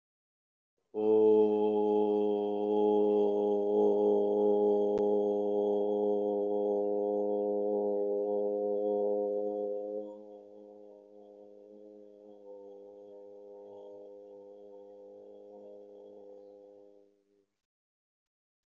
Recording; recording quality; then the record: sustained vowel as in boot; excellent, no background noise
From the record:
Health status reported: healthy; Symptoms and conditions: cold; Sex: male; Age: 37 years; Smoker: yes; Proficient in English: yes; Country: India